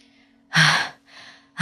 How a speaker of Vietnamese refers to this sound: Đào xong được cái lỗ, liền lấy đà, dẫm vào đất trèo lên thở hồng hộc.